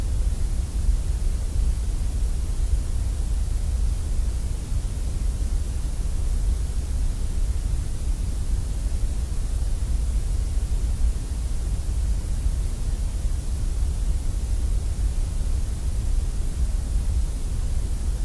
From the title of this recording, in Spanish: Ruido Gris